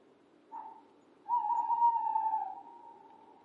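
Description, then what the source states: Owl call: a brief soft whistled note, then a longer steady hoot that wavers slightly and fades gradually, in still surroundings. Owl calling in a calm environment.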